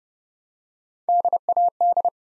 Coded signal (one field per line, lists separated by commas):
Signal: Morse code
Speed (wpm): 30 wpm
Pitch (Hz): 700 Hz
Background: none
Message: DAD